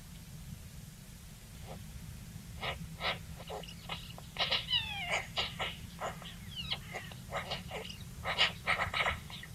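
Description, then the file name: Eurasian magpie giving a loose series of harsh, rasping chacks mixed with brief squeaky downslurred notes, over a steady low rumble. "Pica pica"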